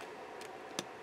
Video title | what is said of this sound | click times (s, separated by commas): Table for Two Book Nook Intrigue® (CoolKatzCraft Ltd) - how to assembly tutorial | just lock into place and they just lock into place and that is your window | 0.8 s